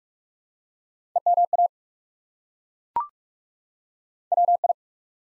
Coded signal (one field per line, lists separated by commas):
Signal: Morse code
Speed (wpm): 42 wpm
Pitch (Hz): 700 Hz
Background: none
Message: EMA WI